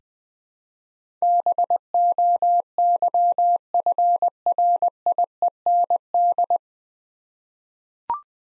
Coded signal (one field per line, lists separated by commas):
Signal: Morse code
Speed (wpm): 20 wpm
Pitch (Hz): 700 Hz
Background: none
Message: BOYFRIEND